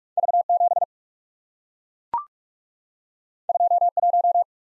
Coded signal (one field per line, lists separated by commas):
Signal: Morse code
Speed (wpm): 44 wpm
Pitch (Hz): 700 Hz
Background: none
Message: V7 21